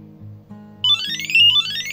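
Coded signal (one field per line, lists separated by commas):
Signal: none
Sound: game sound beeps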